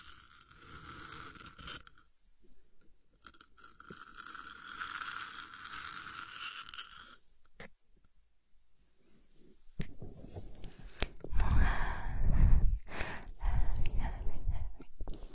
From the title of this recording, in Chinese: 无人声搔耳朵